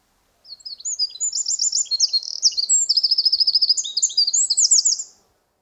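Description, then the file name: Eurasian wren giving an energetic high-pitched song of rapid twittering notes and rattling trills, lasting nearly five seconds, otherwise quiet. "Troglodytes troglodytes"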